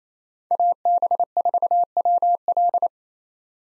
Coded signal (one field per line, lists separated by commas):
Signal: Morse code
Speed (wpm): 28 wpm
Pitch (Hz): 700 Hz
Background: none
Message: AB4WL